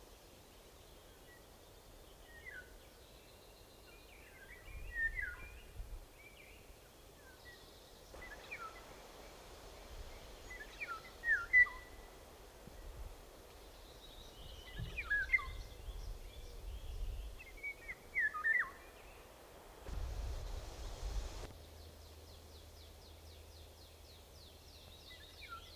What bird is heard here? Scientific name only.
Oriolus oriolus